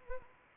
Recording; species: mosquito wingbeat signal from an infrared sensor; Anopheles arabiensis